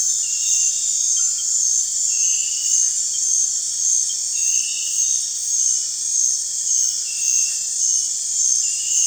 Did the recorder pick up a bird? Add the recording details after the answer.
no. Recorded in dense forest near Puerto Asís, Putumayo, Colombia, on 22 June 2025 at 19:30. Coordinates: 0.468, -76.322. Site GP03